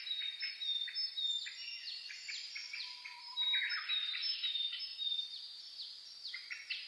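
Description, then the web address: Many birds singing at once, quick chirps, downslurred whistles and buzzy trills overlapping without break, one faint low whistle midway. Dawn chorus (reimei) of birdsong (saezuri), recorded 10 May 2010 at 04:01 with a DH-D50 recorder. "sounds data 2010 reimei DH-D 50-saezuri-20100510-0401"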